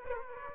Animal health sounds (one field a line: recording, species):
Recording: mosquito wingbeat signal from an infrared sensor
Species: Aedes aegypti